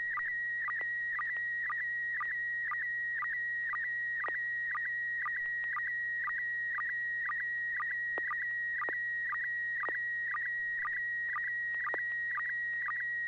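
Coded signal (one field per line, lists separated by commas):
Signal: SSTV (slow-scan television)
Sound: steady high warbling tone with rhythmic short chirps about twice a second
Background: low hum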